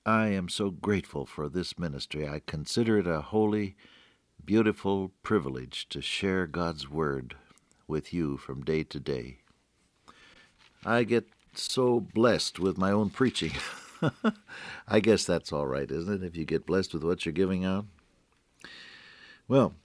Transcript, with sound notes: I am so grateful for this ministry, I consider it a holy, beautiful, privilege to share God’s Word with you from day-to-day. I get so blessed with my own preaching. [chuckle] I guess that’s alright, isn’t it? If you get blessed with what you’re giving out? Well,